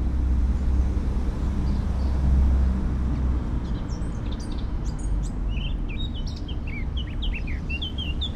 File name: Sylvia atricapilla